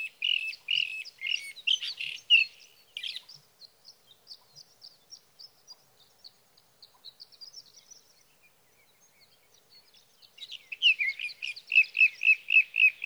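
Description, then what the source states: Sage thrasher song, a long rambling warble of rapid varied phrases, dropping to faint high thin notes midway before the loud warbling resumes. Male singing through the night near his night roost, evening of June 12 to morning of June 15, 2018, Sierra Valley, California; Swift recorder.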